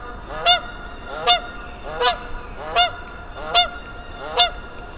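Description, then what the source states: Goose honks, six loud harmonic calls evenly spaced under a second apart, with a faint hiss of background. Geese on the frozen bog at Mud Pond nature refuge, Vermont, early spring, after a lone goose's companions arrived from the south and it perked up; parabolic microphone on a stand.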